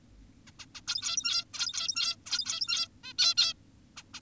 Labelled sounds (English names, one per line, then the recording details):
Zebra Finch
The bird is an adult
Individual g17y2U